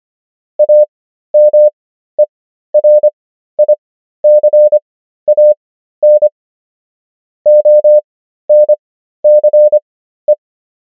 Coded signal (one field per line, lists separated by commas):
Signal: Morse code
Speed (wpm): 25 wpm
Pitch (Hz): 600 Hz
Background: none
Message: AMERICAN ONCE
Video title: morse code practice | 25wpm | 13fw | 500 most common words | ENGLISH